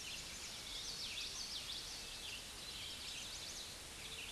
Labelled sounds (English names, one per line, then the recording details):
Common Yellowthroat song
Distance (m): 20 m
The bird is about level with the microphone
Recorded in a Pennsylvania forest on 16 May 2024 at 06:05
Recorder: AudioMoth, point MSD-1307
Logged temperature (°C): 16.6 °C
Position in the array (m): 199 m, 110 m